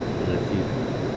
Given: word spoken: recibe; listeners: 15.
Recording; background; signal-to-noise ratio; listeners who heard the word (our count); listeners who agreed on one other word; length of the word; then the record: one Spanish word in noise, from a listening test; speech-shaped noise; -4.8 dB; 0 of 15; 8 of 15; 0.77 s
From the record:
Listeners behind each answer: 8, 2, 1, 1, 1, 1, 1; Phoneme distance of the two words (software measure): 10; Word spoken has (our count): 3 syllables, 6 phonemes, stress on syllable 2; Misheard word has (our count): 3 syllables, 6 phonemes, stress on syllable 2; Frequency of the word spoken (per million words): 44.22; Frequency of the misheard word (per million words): 9.04